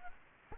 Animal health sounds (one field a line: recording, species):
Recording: mosquito wingbeat signal from an infrared sensor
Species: Anopheles gambiae